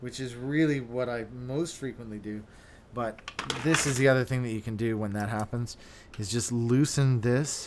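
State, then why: Not seated. Someone talks while handling a mechanical key switch that is about to be pressed into a carbon fiber keyboard plate after loosening the case screws. A few faint handling sounds sit under the speech, but the clip ends just before the switch snaps in, so nothing has seated or clicked yet.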